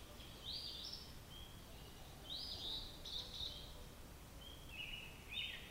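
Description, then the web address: Robin song in short, clear whistled phrases with pauses between them, over a quiet hiss. "Sounds of Nature Robins"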